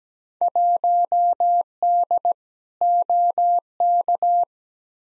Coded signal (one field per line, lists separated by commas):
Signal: Morse code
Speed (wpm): 17 wpm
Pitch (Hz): 700 Hz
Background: none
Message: 1D OK